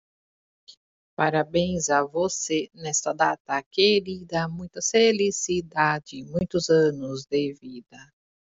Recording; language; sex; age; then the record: short text; Brazilian Portuguese; female; 40 to 49 years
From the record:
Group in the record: control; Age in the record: 41 years